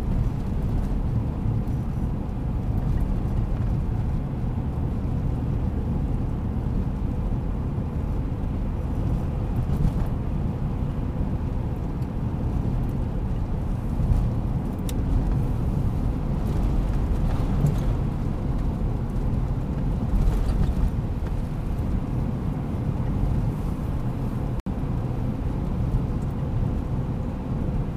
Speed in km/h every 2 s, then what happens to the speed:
73, 76, 77, 77, 78, 81, 82, 83, 83, 84, 82, 82, 82, 82.
0-14 speeds up to 83. 14-28 steady at about 82.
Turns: none.